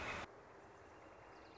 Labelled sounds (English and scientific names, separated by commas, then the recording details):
Northern Flicker (Colaptes auratus)
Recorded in Sonoma County, California